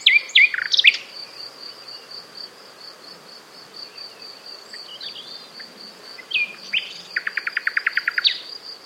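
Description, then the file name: Common Nightingale song: sharp sweeping notes, scattered short calls, then a fast rattling series of repeated notes. A constant pulsing insect drone runs throughout. "Luscinia megarhynchos"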